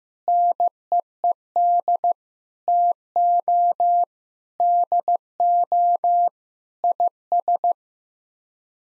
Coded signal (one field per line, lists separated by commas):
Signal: Morse code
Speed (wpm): 15 wpm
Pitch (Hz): 700 Hz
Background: none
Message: NEED TO DO IS